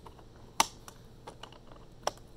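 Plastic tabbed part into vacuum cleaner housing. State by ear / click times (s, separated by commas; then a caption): seated / 0.6 s. A plastic vacuum cleaner part, with its small tabs lined up with the matching plastic tabs on the housing, is pushed down and locks into place. A sharp, bright click at 0.6 s marks it seating, and a second strong click follows at 2.1 s among a few lighter taps. The part is seated.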